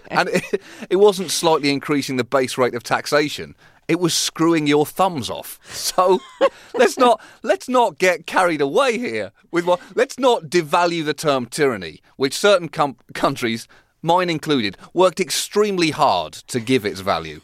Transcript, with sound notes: And it wasn't slightly increasing the base rate of taxation. It was screwing your thumbs off. (LAUGHTER) So, let's not get carried away here. Let's not devalue the term tyranny, which certain countries, mine included, worked extremely hard to give it value.